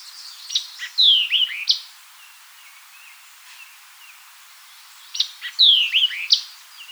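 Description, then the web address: White-eyed vireo singing two matching phrases about four seconds apart, each with snappy chips and falling slurred whistles, quiet between them. Recorded 4 January 2007. "White-eyed Vireo 2007 01 04 White-eyed Vireo 02"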